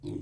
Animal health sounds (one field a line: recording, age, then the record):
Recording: pig call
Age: weaner (32 to 43 days)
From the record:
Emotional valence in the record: negative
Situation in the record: negative conditioning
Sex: female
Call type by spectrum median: low-frequency call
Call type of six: low-frequency stable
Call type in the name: low-frequency stable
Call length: 0.22 s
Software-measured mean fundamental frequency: 48 Hz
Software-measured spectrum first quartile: 151 Hz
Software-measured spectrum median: 275 Hz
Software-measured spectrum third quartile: 366 Hz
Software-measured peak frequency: 304 Hz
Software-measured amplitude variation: 186 dB a second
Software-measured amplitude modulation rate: 20.3 a second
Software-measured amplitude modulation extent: 9.2 dB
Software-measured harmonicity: 2.7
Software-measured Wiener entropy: 0.03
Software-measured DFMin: 1463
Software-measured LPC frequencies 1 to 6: 316, 2336, 3557, 3953, 4693, 6369 Hz